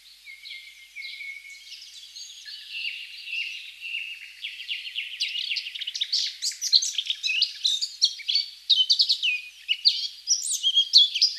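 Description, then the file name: Eurasian blackcap warbling song, a rapid scratchy chatter of varied notes that starts quietly and grows louder and busier in the second half. "Sylvia atricapilla"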